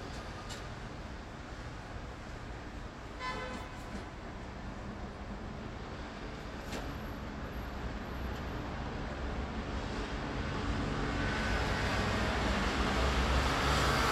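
Street sound on Neihu Road: a dense, steady rush of passing traffic that swells noticeably louder over the last few seconds. Brief sharp tonal bursts, like short horn toots, cut through around three and seven seconds.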